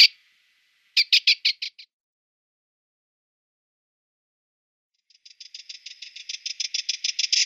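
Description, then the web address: Sardinian warbler calling with a single harsh note, then a short burst of chattering ticks, a pause, and a longer rattling series that grows louder toward the end. "Schulze Peter Sardinian Warbler"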